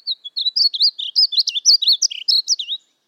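Painted Bunting song: a quick, high, sweet warble of slurred, varied notes.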